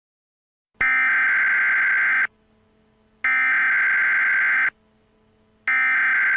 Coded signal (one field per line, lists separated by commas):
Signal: Emergency Alert System (SAME) tones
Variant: header bursts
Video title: EAS Scenario:The Minions